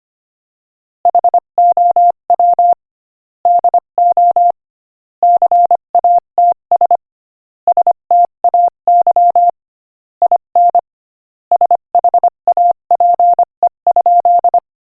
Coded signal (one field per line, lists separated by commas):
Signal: Morse code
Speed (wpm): 24 wpm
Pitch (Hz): 700 Hz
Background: none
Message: HOW DO CATS STAY IN SHAPE?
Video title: Morse Code Practice: 25 wpm Joke #25